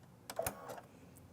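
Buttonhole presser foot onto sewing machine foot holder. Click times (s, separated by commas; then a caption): 0.3 s, 0.4 s, 0.5 s. A buttonhole presser foot is slid under and pressed onto a sewing machine's presser-foot holder, and after a missed first try it snaps into place. Sharp clicks are heard at 0.3, 0.4 and 0.5 seconds as the foot clicks in and is seated on the holder.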